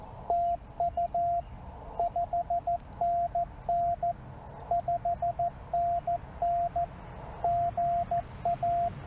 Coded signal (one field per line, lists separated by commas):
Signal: Morse code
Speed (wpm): 15 wpm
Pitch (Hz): 690 Hz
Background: radio noise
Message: TU 5NN 5NN GA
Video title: My 1st Solo Pota Activation. Parks on the Air, CW from K-2943